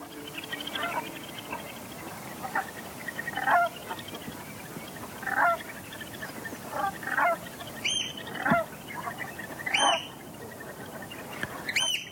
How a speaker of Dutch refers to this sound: Vogelwachter … op Texel trakteerde ons net al op de eidereend